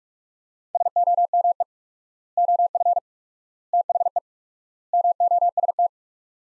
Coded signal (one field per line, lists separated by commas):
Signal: Morse code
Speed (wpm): 41 wpm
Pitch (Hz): 700 Hz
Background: none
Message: SOME OF THE MOST